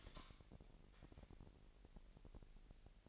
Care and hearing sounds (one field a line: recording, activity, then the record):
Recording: daily activity, microphone in the room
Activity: light on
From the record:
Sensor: 5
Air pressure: 1002.0 hPa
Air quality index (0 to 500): 230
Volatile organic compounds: 32 ppm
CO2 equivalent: 3004 ppm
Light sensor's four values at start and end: 16/37/15/16 and 16/38/16/17